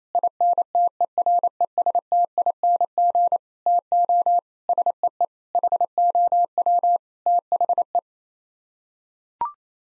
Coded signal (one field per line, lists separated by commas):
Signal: Morse code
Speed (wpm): 28 wpm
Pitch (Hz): 700 Hz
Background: none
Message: INTERESTING TO SEE HOW THE